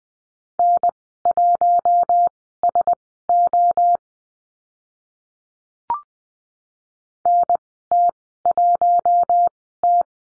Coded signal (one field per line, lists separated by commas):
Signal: Morse code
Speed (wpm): 20 wpm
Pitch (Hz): 700 Hz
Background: none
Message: N1SO NT1T